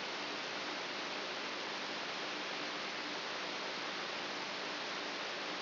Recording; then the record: brain microelectrode recording played as sound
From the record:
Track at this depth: outside the subthalamic nucleus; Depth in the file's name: 7.44 mm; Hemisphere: right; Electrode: 2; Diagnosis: Parkinson's disease